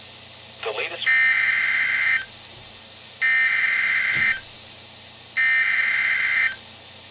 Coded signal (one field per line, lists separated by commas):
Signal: Emergency Alert System (SAME) tones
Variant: header bursts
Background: speech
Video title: EAS #15-#17: Flood Warnings and the RWT | KHB36